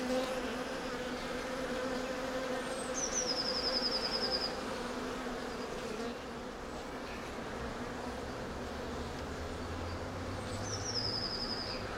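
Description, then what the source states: Steady buzzing of bees under two high, rapid bird trills, one around three seconds and another near eleven seconds. Bees in a city park.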